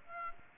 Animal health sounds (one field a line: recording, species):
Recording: mosquito wingbeat signal from an infrared sensor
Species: Aedes aegypti